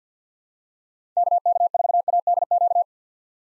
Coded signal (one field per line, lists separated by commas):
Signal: Morse code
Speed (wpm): 50 wpm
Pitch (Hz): 700 Hz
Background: none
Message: KK4ADQ